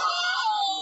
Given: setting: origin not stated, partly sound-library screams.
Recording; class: one-second piece from a danger detection set; woman in danger